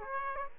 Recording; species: mosquito wingbeat signal from an infrared sensor; Aedes aegypti